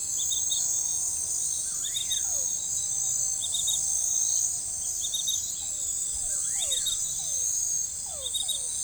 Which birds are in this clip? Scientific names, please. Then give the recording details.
Nyctidromus albicollis. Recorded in forest near Pivijay, Magdalena, Colombia, on 15 April 2023 at 22:30. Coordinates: 10.467, -74.380. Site Z5-G034